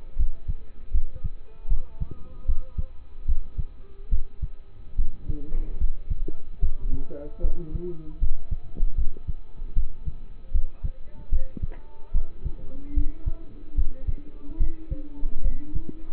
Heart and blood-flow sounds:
heart sounds by stethoscope; between the tricuspid and mitral areas; 75 bpm
0.16 s: heartbeat
0.92 s: heartbeat
1.68 s: heartbeat
2.46 s: heartbeat
3.26 s: heartbeat
4.10 s: heartbeat
4.96 s: heartbeat
5.78 s: heartbeat
6.60 s: heartbeat
7.41 s: heartbeat
8.19 s: heartbeat
8.95 s: heartbeat
9.74 s: heartbeat
10.52 s: heartbeat
11.30 s: heartbeat
12.12 s: heartbeat
12.94 s: heartbeat
13.75 s: heartbeat
14.58 s: heartbeat
15.42 s: heartbeat
From the record:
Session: rest, lying down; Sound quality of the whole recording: partially saturated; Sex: male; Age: 27 years

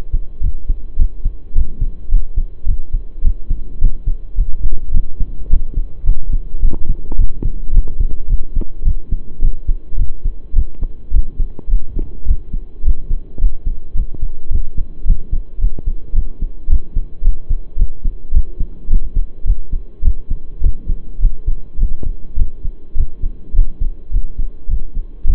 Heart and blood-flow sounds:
heart sounds by stethoscope; between the tricuspid and mitral areas; 106 bpm
0.42 s: heartbeat
0.98 s: heartbeat
1.54 s: heartbeat
2.10 s: heartbeat
2.66 s: heartbeat
3.23 s: heartbeat
3.80 s: heartbeat
4.36 s: heartbeat
4.93 s: heartbeat
5.49 s: heartbeat
6.05 s: heartbeat
6.61 s: heartbeat
7.17 s: heartbeat
7.73 s: heartbeat
8.28 s: heartbeat
8.84 s: heartbeat
9.41 s: heartbeat
9.97 s: heartbeat
10.54 s: heartbeat
11.12 s: heartbeat
11.69 s: heartbeat
12.26 s: heartbeat
12.83 s: heartbeat
13.39 s: heartbeat
13.95 s: heartbeat
14.50 s: heartbeat
15.06 s: heartbeat
15.60 s: heartbeat
16.14 s: heartbeat
16.69 s: heartbeat
17.23 s: heartbeat
17.77 s: heartbeat
18.33 s: heartbeat
18.89 s: heartbeat
19.45 s: heartbeat
20.03 s: heartbeat
20.62 s: heartbeat
21.20 s: heartbeat
21.79 s: heartbeat
22.37 s: heartbeat
22.96 s: heartbeat
23.54 s: heartbeat
24.12 s: heartbeat
24.69 s: heartbeat
25.25 s: heartbeat
From the record:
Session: pedaling a stationary bicycle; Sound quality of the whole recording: saturated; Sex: male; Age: 23 years

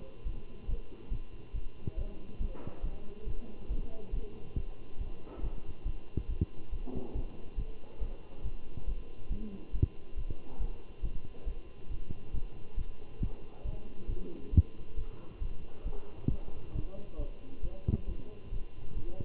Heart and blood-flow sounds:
heart sounds by stethoscope; between the tricuspid and mitral areas; 138 bpm
0.25 s: heartbeat
0.68 s: heartbeat
1.11 s: heartbeat
1.54 s: heartbeat
1.97 s: heartbeat
2.40 s: heartbeat
2.83 s: heartbeat
3.26 s: heartbeat
3.69 s: heartbeat
4.12 s: heartbeat
4.56 s: heartbeat
4.99 s: heartbeat
5.42 s: heartbeat
5.85 s: heartbeat
6.28 s: heartbeat
6.71 s: heartbeat
7.14 s: heartbeat
7.57 s: heartbeat
8.00 s: heartbeat
8.43 s: heartbeat
8.87 s: heartbeat
9.30 s: heartbeat
9.73 s: heartbeat
10.16 s: heartbeat
10.59 s: heartbeat
11.03 s: heartbeat
11.46 s: heartbeat
11.90 s: heartbeat
12.33 s: heartbeat
12.76 s: heartbeat
13.20 s: heartbeat
13.64 s: heartbeat
14.08 s: heartbeat
14.52 s: heartbeat
14.96 s: heartbeat
15.41 s: heartbeat
15.85 s: heartbeat
16.29 s: heartbeat
16.74 s: heartbeat
17.18 s: heartbeat
17.62 s: heartbeat
18.07 s: heartbeat
18.51 s: heartbeat
18.96 s: heartbeat
From the record:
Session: Bruce protocol treadmill stress test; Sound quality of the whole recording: good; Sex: male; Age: 23 years

